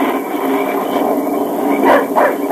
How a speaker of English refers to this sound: Keep that dog quiet. He smelled game. I don't care what he smells. Quiet him. Quiet, Dan. Quiet. Hush up. Quiet that dog or I'll quiet him for good.